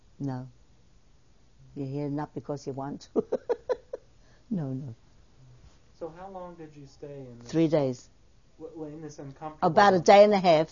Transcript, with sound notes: No. You're here not because you want to. (She laughs.)
So, how long did you stay in--
Three days.
In this uncomfortable one.
About a day and a half.